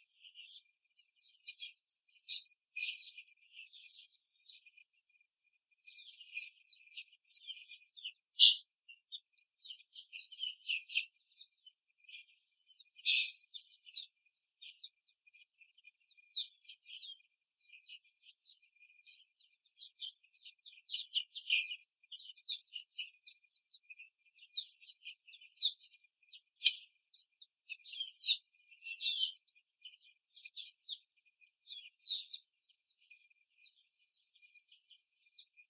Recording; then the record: young laying hens in a cage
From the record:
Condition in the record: before the stressor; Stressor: simulated dog barking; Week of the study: 3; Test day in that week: 1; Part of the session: 1